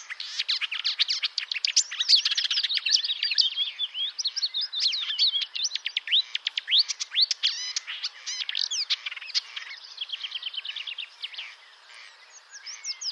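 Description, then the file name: Marsh warbler song, a fast continuous chatter of varied chirps, trills and buzzy notes, with a brief pause near the end. "Rousserolle verderolle"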